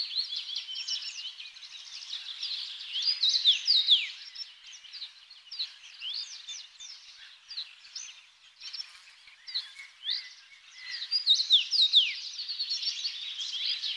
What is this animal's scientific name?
Carpodacus erythrinus